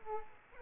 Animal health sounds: mosquito wingbeat signal from an infrared sensor; Culex quinquefasciatus

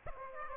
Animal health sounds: mosquito wingbeat signal from an infrared sensor; Aedes aegypti

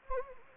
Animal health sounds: mosquito wingbeat signal from an infrared sensor; Anopheles gambiae

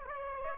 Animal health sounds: mosquito wingbeat signal from an infrared sensor; Aedes aegypti

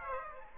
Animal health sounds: mosquito wingbeat signal from an infrared sensor; Aedes aegypti

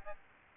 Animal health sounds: mosquito wingbeat signal from an infrared sensor; Aedes albopictus

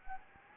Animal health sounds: mosquito wingbeat signal from an infrared sensor; Anopheles gambiae

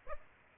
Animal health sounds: mosquito wingbeat signal from an infrared sensor; Aedes aegypti

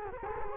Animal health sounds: mosquito wingbeat signal from an infrared sensor; Culex quinquefasciatus

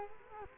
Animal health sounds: mosquito wingbeat signal from an infrared sensor; Culex quinquefasciatus

